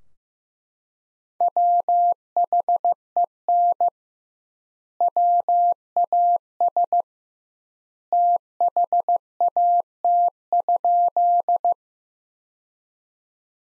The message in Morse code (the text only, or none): WHEN WAS THAT?